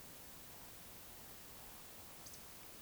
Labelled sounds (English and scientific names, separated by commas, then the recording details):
Eurasian Woodcock (Scolopax rusticola) whistle, Eurasian Woodcock (Scolopax rusticola) croak
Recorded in Baden-Württemberg, Germany, on 20 May 2021 at 19:51 UTC
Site 24606, 635 m above sea level